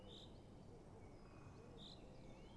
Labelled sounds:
Great Spotted Woodpecker
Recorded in Germany
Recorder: ecoPi

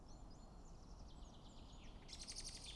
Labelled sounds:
Common Chaffinch
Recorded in Germany
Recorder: ecoPi

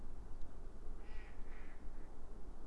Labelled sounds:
Mallard
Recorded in Germany
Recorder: ecoPi

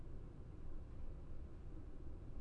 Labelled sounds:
none
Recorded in Germany
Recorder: ecoPi

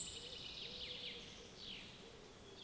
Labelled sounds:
Eurasian Blackcap
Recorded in Germany
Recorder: ecoPi

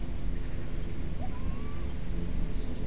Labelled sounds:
Great Tit
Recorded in Germany
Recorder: ecoPi

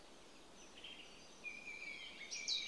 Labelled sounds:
Song Thrush
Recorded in Germany
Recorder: ecoPi

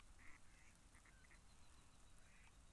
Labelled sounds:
Mallard
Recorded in Germany
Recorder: ecoPi

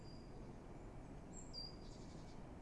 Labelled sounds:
Great Tit
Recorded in Germany
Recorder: ecoPi

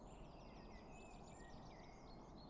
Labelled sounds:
Common Blackbird
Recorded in Germany
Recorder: ecoPi

